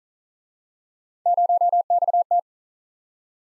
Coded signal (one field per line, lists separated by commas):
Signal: Morse code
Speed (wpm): 47 wpm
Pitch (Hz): 700 Hz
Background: none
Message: 0XT